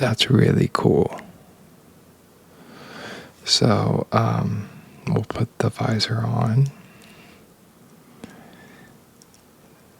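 Someone talks softly while handling a small plastic LEGO visor and a tiny minifigure helmet, getting ready to press the visor onto it. After the talking stops, only faint handling taps are heard near the end. Nothing has seated or clicked yet.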